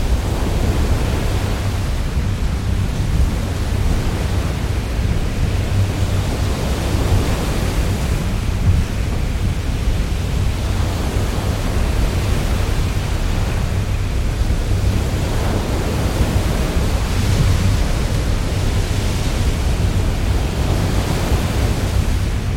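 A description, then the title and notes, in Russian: A storm at sea heard from inside a ship's cabin: a dense, unbroken roar of wind and rain, heavy and low, with slow surging swells. Шторм на море. Белый шум ветра и дождя из каюты корабля. Войдите на борт мощного грузового танкера, сражающегося с бурными водами Северной Атлантики. Успокаивающим жужжанием мощных двигателей. Со скоростью ветра от 70 до 80 узлов и дождем, беспрестанно бьющим по стальному корпусу, эта запись захватывает сырую силу природы в ее самой дикой форме.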